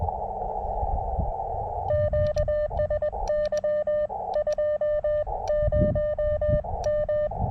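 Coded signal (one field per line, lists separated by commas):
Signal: Morse code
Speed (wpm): 20 wpm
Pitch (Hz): 600 Hz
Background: none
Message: QSY 20M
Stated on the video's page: Morse from a slow CW POTA activation at K-2099 by a lake, using a KX2 and Gabil antenna, in difficult solar conditions.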